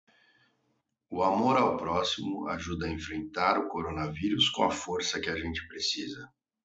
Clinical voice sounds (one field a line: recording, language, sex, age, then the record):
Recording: spoken sentence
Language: Brazilian Portuguese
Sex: male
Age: 30 to 39 years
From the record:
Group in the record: control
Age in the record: 37 years